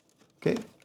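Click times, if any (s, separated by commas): 0.5 s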